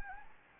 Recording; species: mosquito wingbeat signal from an infrared sensor; Anopheles gambiae